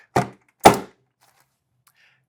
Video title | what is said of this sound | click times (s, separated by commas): Assembling Kosmos AI Station: A Step-by-Step Guide | To secure it, just align the bracket and slide it down until you hear it click. | 0.7 s